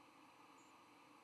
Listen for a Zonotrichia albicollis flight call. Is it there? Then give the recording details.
no. Another species' flight call is heard. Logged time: 07:39 on 12 November 2014